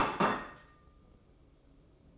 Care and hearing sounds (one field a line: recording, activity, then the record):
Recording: daily activity, microphone in the room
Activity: place plate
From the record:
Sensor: 1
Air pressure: 995.3 hPa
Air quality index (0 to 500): 28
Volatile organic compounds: 1 ppm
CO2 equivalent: 542 ppm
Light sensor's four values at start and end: 13/47/17/18 and 13/47/17/18